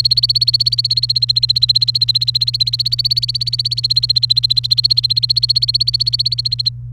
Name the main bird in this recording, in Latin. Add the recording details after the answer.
Serinus canaria. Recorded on 29 April 2018 at 15:03. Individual llb3